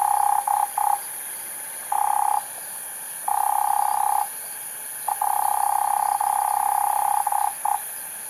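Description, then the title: Cane toad trilling, a steady, mid-pitched purring trill broken into bursts of varying length with short gaps, faint high hiss behind. Cane toads at night in Australia, 2011; from a soundwork of altered and unaltered field recordings. "EMERGING TERRITORIES. Cane Toads at Night"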